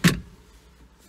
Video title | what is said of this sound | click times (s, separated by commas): Mazda MX5 Z Sport Convertible 2dr. Machine Grey Limited Edition with Red Roof, Tan Leather. | clicks back into safety | 0.1 s